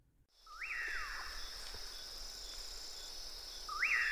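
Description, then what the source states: Common Pauraque song: a whistled note that slurs sharply upward and then glides down, given twice about three seconds apart, over a steady high insect drone. Distinctive song; a nightjar found from southern Texas through Mexico into South America.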